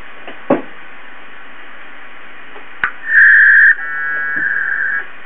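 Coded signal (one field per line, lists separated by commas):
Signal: packet radio (AX.25, as in APRS)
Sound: radio hiss with clicks, then a brief warbling data burst and buzzy tones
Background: radio static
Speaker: we'll hit L for list and see if there's any messages on this board none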